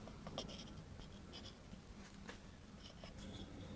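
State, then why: Seated. A new G31 boost pressure sensor with its O-ring, for an Audi A6, is set back in the same position and pushed into its plastic housing on the intake. Soft handling scrapes and taps lead to a short, sharp click at 2.3 s as it snaps in. The sensor is seated.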